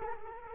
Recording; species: mosquito wingbeat signal from an infrared sensor; Culex quinquefasciatus